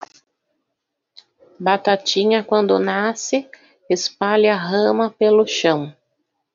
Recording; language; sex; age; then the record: short text; Brazilian Portuguese; female; 30 to 39 years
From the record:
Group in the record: control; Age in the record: 38 years